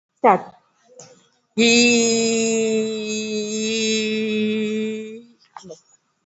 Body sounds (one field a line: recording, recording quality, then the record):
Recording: sustained vowel as in beet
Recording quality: moderate, slight background noise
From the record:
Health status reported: COVID-19 positive, mild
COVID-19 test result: positive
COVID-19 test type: RT-PCR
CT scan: not taken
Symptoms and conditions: cough, cold, fatigue, muscle pain, hypertension, diabetes, another condition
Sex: female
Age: 72 years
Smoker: no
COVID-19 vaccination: both doses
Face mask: not worn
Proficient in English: yes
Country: India